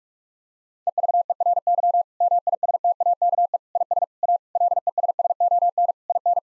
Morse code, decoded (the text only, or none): EVERY MISTAKE IS A LESSON IN